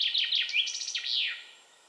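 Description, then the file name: Common chaffinch song: a dense burst of sharp repeated notes tumbling downward and finishing with a short swooping flourish. "Fringilla coelebs"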